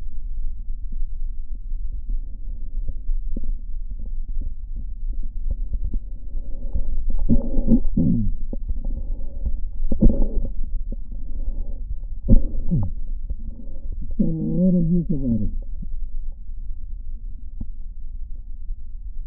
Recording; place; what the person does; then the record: lung sounds by stethoscope; right posterior basal chest; quiet breathing, then cough and speech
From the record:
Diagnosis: COPD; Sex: male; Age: 77 years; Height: 172 cm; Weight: 85.2 kg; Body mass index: 28.8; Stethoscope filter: diaphragm mode